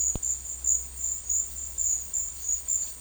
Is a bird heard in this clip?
no